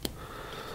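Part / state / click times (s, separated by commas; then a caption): soldering tip holder into soldering iron wand / not seated / none. A soldering iron tip holder, with the tip already seated in it, is handled as it is pushed back into the soldering iron wand. A brief sharp tick comes at about 0.1 s, followed by a steady low background hiss. Nothing has seated or clicked into the wand yet.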